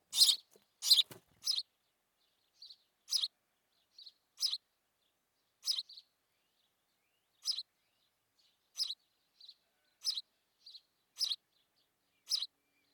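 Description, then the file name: House sparrow with a few loud harsh chirps at the start, then spaced single chirps mixed with short soft notes. "Passer domesticus"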